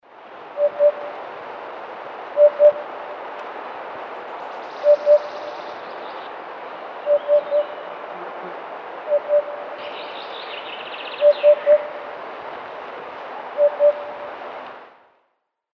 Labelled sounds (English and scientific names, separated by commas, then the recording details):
Eurasian Hoopoe (Upupa epops)
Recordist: Tembrock, Günter
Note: Rufe